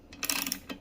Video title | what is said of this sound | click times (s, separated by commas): As Promised Stihl BR600 Backpack Leaf Blower Valve Clearance & Spark Plug Gap Setting 1st Adjustment | i just felt it starting to get snug and there's the click | 0.3 s